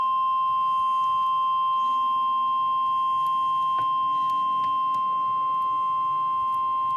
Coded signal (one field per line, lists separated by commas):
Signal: Emergency Alert System (SAME) tones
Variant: 1050 Hz attention tone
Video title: EAS Compilation - 2025 Blizzard Warnings (and Bonus Required Weekly Test)